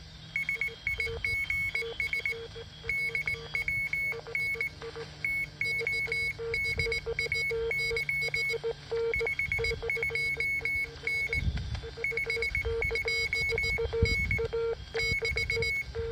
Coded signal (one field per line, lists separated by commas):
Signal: Morse code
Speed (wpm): 19 wpm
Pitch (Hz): 2200 Hz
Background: none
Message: SIGS DWN TODAY 52N 52N <BT>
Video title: Fixed Frequency QRP CW: I learn an important lesson!